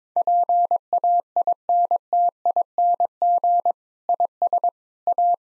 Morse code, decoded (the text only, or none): PAINTING IS A